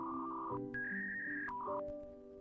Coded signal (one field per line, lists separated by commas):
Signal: fax machine handshake